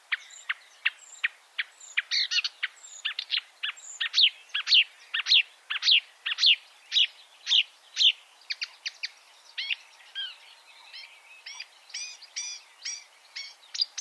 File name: suara kicauan burung marsh warbler. omkicau